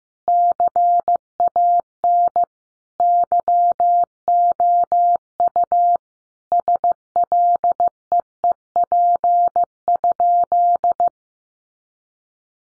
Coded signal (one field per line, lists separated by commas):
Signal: Morse code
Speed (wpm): 15 wpm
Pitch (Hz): 700 Hz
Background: none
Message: CAN YOU SLEEP?